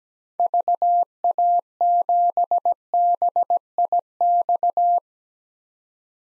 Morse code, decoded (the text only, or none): VA7BIX